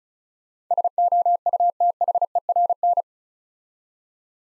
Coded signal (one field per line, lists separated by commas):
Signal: Morse code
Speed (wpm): 36 wpm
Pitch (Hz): 700 Hz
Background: none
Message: SOUTHERN